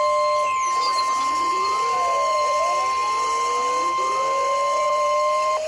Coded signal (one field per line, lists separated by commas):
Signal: Emergency Alert System (SAME) tones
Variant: 1050 Hz attention tone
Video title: March Madness II… EAS Alerts from 3/15/22 and 3/16/22 | EAS #469 - #507